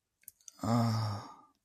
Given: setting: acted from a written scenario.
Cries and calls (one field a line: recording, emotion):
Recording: vocal sound without words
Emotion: ecstasy